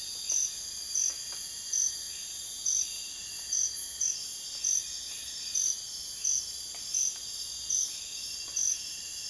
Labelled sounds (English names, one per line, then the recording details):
none
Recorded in dense forest near Puerto Asís, Putumayo, Colombia, on 22 June 2025 at 02:30
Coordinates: 0.484, -76.325
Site H65